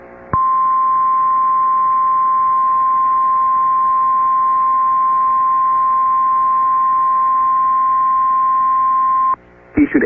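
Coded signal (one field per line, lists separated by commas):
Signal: Emergency Alert System (SAME) tones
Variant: 1050 Hz attention tone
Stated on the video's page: Flash flood warning relayed by an FM station, recorded from its online live stream.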